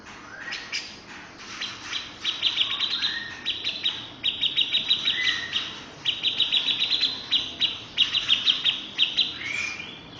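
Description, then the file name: Grey-cheeked bulbul singing rapid strings of high chirping notes, broken by short upslurred whistles. "cucak jenggot om firly"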